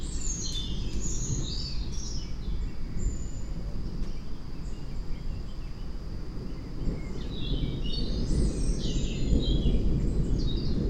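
Bird chirps in bursts, busy near the start and again after seven seconds, with a quieter gap between, all over a deep steady rumble.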